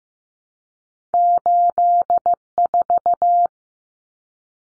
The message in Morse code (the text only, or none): 84